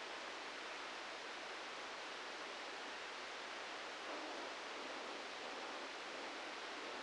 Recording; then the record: brain microelectrode recording played as sound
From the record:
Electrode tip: outside the subthalamic nucleus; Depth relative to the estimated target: 3 mm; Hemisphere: right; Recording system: NeuroSet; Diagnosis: Parkinson's disease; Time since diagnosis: 19 years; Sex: female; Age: 69 years